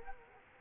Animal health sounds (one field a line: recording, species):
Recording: mosquito wingbeat signal from an infrared sensor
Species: Culex quinquefasciatus